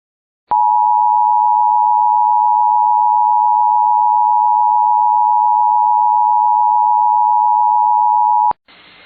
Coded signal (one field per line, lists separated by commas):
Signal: Emergency Alert System (SAME) tones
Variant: 853 and 960 Hz attention tone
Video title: EAS Recreation: Winter Storm Warning